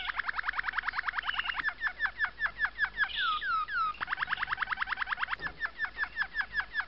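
Domestic canary singing long runs of fast, evenly repeated sweeping chirps, with a few slower swooping notes in the middle.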